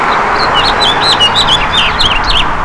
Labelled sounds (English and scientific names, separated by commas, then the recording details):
House Finch (Haemorhous mexicanus) song
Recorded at Montauk on Long Island, New York, on 15 June 2013
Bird K